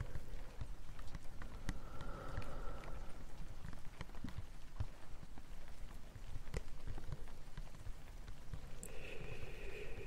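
Gentle tapping in the rain: soft, irregular taps and ticks scatter across all ten seconds over a steady, dense low rumble. A faint hummed tone rises briefly around two to three seconds and again near the end, from nine seconds on.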